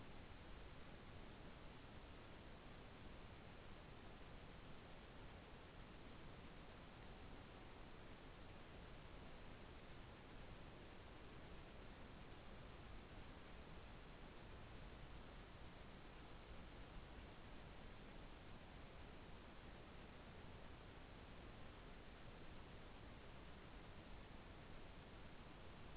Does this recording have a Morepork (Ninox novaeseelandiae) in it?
no